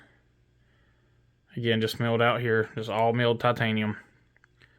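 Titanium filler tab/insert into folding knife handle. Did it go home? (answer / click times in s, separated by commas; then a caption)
no / none. A milled titanium filler tab, an insert for a folding knife handle, is handled while someone talks from about 1.5 to 4.0 seconds. Faint small clicks follow at about 4.4 and 4.6 seconds. The insert has not yet snapped into the handle, and nothing has seated or clicked into place by the end.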